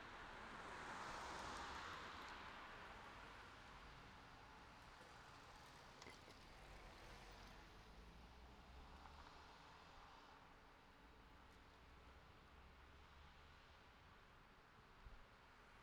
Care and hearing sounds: everyday scene through a hearing-aid microphone; in traffic; traffic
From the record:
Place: city secondary road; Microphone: in the ear canal, left

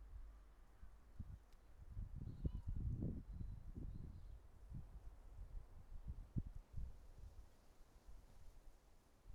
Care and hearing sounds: everyday scene through a hearing-aid microphone; wind on the microphone; wind, traffic, birds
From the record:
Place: suburban garden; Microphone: behind the ear, right, front

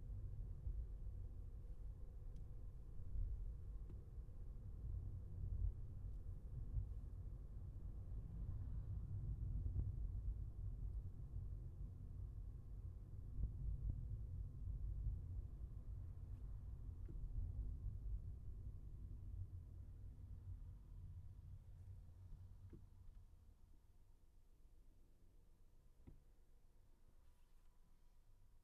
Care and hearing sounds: everyday scene through a hearing-aid microphone; in a vehicle; engine, highway traffic jam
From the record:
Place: Skoda Fabia, gasoline engine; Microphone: behind the ear, left, front

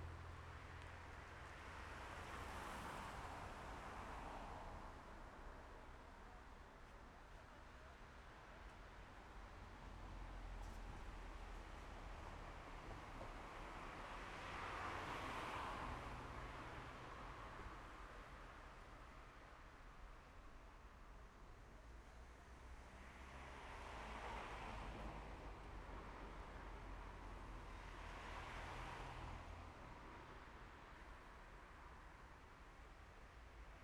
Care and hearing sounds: everyday scene through a hearing-aid microphone; in traffic; traffic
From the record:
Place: main road on the outskirts, rush hour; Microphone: behind the ear, left, rear

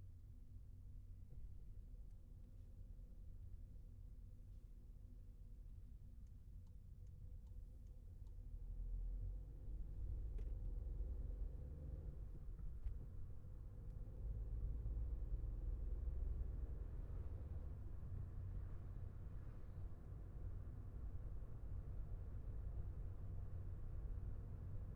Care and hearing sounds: everyday scene through a hearing-aid microphone; in a vehicle; engine, traffic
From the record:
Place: Skoda Fabia, gasoline engine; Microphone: behind the ear, left, rear

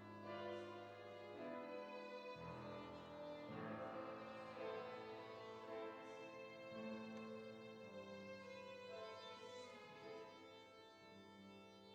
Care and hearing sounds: everyday scene through a hearing-aid microphone; reverberant space; music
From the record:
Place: church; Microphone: in the ear canal, left

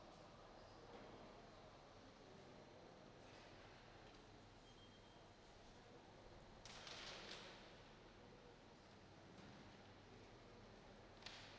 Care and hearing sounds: everyday scene through a hearing-aid microphone; reverberant space; background noise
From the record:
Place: railway station hall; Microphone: in the ear canal, right

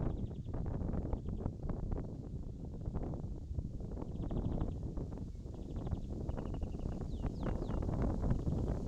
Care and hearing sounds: everyday scene through a hearing-aid microphone; wind on the microphone; wind, birds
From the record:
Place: in front of a rural house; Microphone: in the ear canal, left

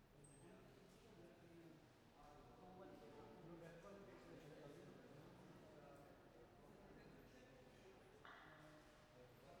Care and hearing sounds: everyday scene through a hearing-aid microphone; reverberant space; background noise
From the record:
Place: railway station hall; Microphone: behind the ear, right, rear

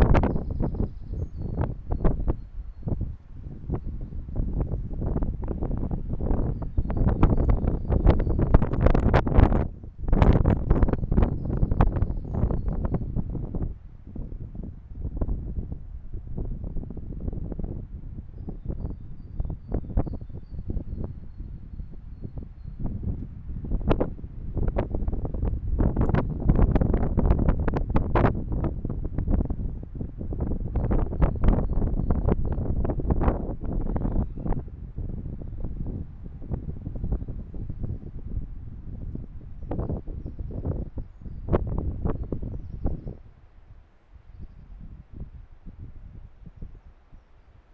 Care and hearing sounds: everyday scene through a hearing-aid microphone; wind on the microphone; squally wind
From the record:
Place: parking lot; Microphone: behind the ear, right, rear

